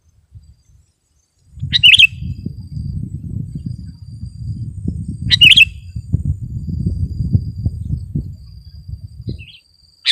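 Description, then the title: Sooty-headed bulbul song: two brief chirpy phrases about three and a half seconds apart, and the start of another at the very end, over continuous low rumbling noise. "kutilang"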